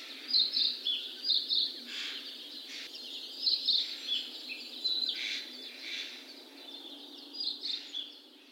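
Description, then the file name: Narcissus flycatcher singing short, high whistled and warbled phrases, repeated several times over steady background hiss. Recorded at Shiga Kogen, Japan, on 6 May 2023. "kibitaki shigakogen"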